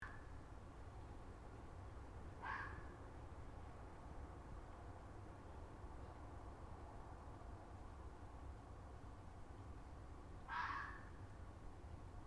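Fox uttering two rasping barks roughly eight seconds apart, heard against a constant low-pitched background hum.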